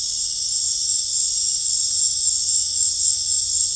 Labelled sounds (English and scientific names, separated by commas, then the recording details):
none
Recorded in dense forest near Puerto Asís, Putumayo, Colombia, on 20 December 2024 at 20:00
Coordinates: 0.484, -76.325
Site G056